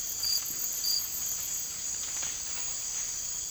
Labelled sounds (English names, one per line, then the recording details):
none
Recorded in dense forest near Puerto Asís, Putumayo, Colombia, on 20 December 2024 at 02:00
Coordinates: 0.481, -76.323
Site G100